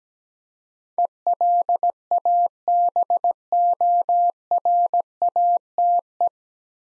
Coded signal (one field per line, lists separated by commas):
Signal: Morse code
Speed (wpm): 17 wpm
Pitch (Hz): 700 Hz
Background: none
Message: ELABORATE